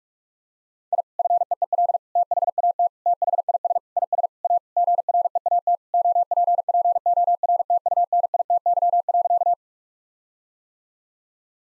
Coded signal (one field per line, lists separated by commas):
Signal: Morse code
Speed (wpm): 46 wpm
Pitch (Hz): 700 Hz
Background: none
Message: I FEEL THAT THIS IS A GREAT OPPORTUNITY.